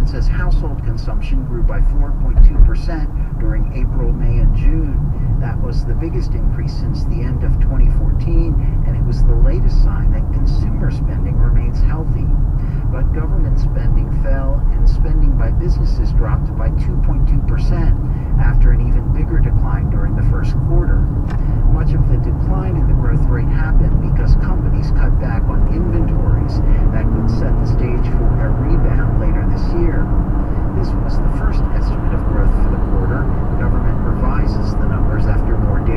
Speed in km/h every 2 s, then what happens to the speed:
49, 48, 46, 45, 46, 45, 47, 48, 51, 53, 52, 54, 65, 69, 79, 85, 89, 92.
0-10 steady at about 46. 10-36 speeds up to 92.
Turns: 3-23.